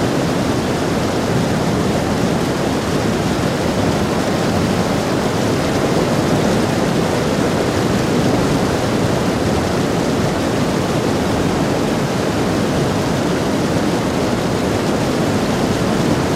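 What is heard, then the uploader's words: Water pours steadily over a mill dam, a dense, unbroken rushing roar weighted toward the low and middle range, unchanging throughout. WATERMILL DAM • Natural Pink Noise Blocker.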